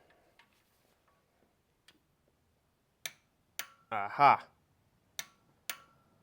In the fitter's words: I should get a click here